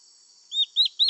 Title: LuckyPassaro Completos2Sama. Black-faced Antbird (Myrmoborus myotherinus ochrolaemus (ssp assumed from location))